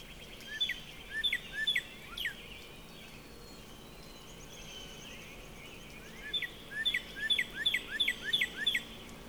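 Northern Cardinal song: two bursts of clear down-slurred whistles, each note dropping sharply, several notes per phrase with a few quiet seconds between them over a soft background hiss.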